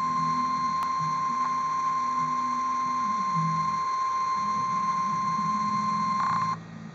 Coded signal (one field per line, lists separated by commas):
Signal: Emergency Alert System (SAME) tones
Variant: 1050 Hz attention tone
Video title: Real NOAA Weather Radio EAS Alert #72